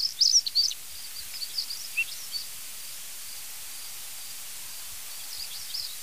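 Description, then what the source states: European stonechat singing a quick cluster of high, squeaky chirps, then a few scattered thin notes, followed by a steady hiss. At least two, probably three stonechats giving a delicate, silvery song in the morning in front of a field.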